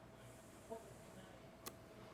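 The magnetically guided clip of an MITR-M1 half-mask respirator is brought to a clip adapter mounted on a helmet rail's O2 slot. Against a steady low background hum, a brief tonal tick sounds around 0.7 s. A short, sharp click follows at 1.7 s as the magnet guides the clip into the correct location and it locks into place.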